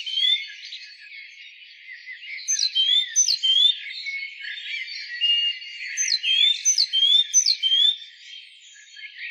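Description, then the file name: Great tit calls: two energetic runs of sharp downslurred notes and clear whistles, each followed by softer twittering. "Parus major"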